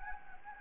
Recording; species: mosquito wingbeat signal from an infrared sensor; Anopheles gambiae